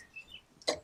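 The other side of a plastic clip-in part is pressed into its mounting in a VW camper van during a swivel base fitting. A sharp click is heard at 0.7 s, preceded by a faint tick. The clip goes in but is not fully home.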